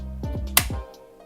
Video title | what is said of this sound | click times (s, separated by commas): STAYREADYGEAR Holsters - Unboxing / First Impressions (& CZ P-10c) | you can hear that click go ahead and remove it hear it one more time so | 0.6 s